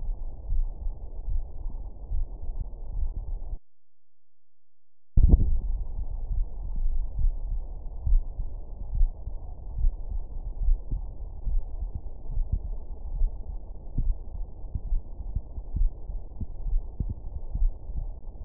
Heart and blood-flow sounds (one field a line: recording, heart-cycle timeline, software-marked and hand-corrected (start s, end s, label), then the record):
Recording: heart sounds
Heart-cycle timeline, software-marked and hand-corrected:
0.00	0.50	diastole
0.50	0.66	S1
0.66	0.82	systole
0.82	0.92	S2
0.92	1.30	diastole
1.30	1.42	S1
1.42	1.58	systole
1.58	1.66	S2
1.66	2.14	diastole
2.14	2.26	S1
2.26	2.42	systole
2.42	2.50	S2
2.50	2.98	diastole
2.98	3.12	S1
3.12	3.32	systole
3.32	3.46	S2
3.46	4.08	diastole
4.08	4.20	S1
4.20	4.44	systole
4.44	4.56	S2
4.56	5.18	diastole
5.18	5.36	S1
5.36	5.62	systole
5.62	5.78	S2
5.78	6.30	diastole
6.30	6.46	S1
6.46	6.62	systole
6.62	6.72	S2
6.72	7.20	diastole
7.20	7.34	S1
7.34	7.50	systole
7.50	7.62	S2
7.62	8.04	diastole
8.04	8.22	S1
8.22	8.38	systole
8.38	8.46	S2
8.46	8.96	diastole
8.96	9.10	S1
9.10	9.26	systole
9.26	9.34	S2
9.34	9.80	diastole
9.80	9.94	S1
9.94	10.12	systole
10.12	10.22	S2
10.22	10.62	diastole
10.62	10.78	S1
10.78	10.92	systole
10.92	11.02	S2
11.02	11.48	diastole
11.48	11.62	S1
11.62	11.80	systole
11.80	11.90	S2
11.90	12.36	diastole
12.36	12.48	S1
12.48	12.64	systole
12.64	12.72	S2
12.72	13.16	diastole
13.16	13.30	S1
13.30	13.46	systole
13.46	13.56	S2
13.56	14.04	diastole
14.04	14.16	S1
14.16	14.34	systole
14.34	14.42	S2
14.42	14.90	diastole
14.90	15.02	S1
15.02	15.18	systole
15.18	15.28	S2
15.28	15.76	diastole
15.76	15.92	S1
15.92	16.10	systole
16.10	16.20	S2
16.20	16.66	diastole
16.66	16.82	S1
16.82	16.98	systole
16.98	17.10	S2
17.10	17.54	diastole
17.54	17.72	S1
17.72	17.90	systole
17.90	18.02	S2
18.02	18.45	diastole
From the record:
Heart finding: coronary artery disease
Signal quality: good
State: rest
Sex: female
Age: 44 years